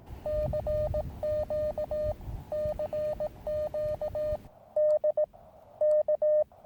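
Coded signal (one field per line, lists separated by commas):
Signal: Morse code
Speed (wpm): 18 wpm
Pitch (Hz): 610 Hz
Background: radio noise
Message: CQ CQ DK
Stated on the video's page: Morse from a tiny Weber MTR radio operated in hills near Marseille, with a 6m wire antenna, 9:1 UNUN and T1 tuner.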